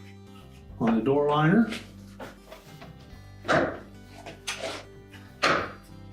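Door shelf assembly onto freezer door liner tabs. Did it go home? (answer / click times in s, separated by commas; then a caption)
yes / 4.5 s, 5.4 s. Someone talks as a Whirlpool refrigerator door shelf assembly with its new plastic trim is clipped back onto the two tabs on the freezer door liner. Two sharp snaps at 4.5 s and 5.4 s mark the tabs catching, and the assembly is seated.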